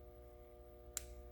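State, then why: Seated. While an M35A2 truck air-brake power pack is being reassembled, a pin with a thin film of oil to help it slide is pushed through the rubber packing. A low, steady hum runs throughout, and a single sharp, bright click at 1.0 s marks the pin seating in the packing.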